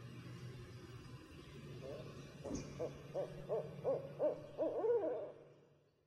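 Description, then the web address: Barred owl hooting: a quick run of several hoots over a low steady hum. "Songs of Birds of North America Western USA Songbirds. Barred Owl"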